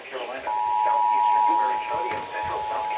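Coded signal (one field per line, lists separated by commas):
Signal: Emergency Alert System (SAME) tones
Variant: 853 and 960 Hz attention tone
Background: speech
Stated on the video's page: Real EAS alerts.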